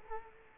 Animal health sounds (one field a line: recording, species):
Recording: mosquito wingbeat signal from an infrared sensor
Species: Culex quinquefasciatus